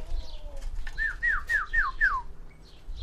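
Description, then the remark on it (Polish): A string of five clear, descending bird chirps at feeding time as feed is brought, evenly spaced and fairly loud, with faint bird calls and a low background rumble around them. “O, mamy karmę i ptaki zaraz będą wszystkie.”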